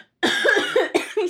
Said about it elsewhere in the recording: I was talking and I breathed in at the same time and I coughed. My allergies are so bad.